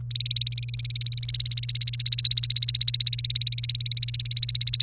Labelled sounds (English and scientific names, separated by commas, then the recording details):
Domestic Canary (Serinus canaria) song
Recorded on 1 May 2018 at 15:10
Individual llb3